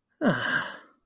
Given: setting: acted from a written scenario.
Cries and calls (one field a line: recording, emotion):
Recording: vocal sound without words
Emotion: disappointment